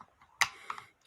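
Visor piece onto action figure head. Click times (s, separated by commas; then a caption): 0.4 s. A plastic visor is fitted onto an action figure's head, where a magnet holds it in place. It gives one sharp click at 0.4 s as it seats, followed by two fainter ticks and otherwise near silence.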